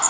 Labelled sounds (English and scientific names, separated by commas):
Magnolia Warbler (Setophaga magnolia) flight call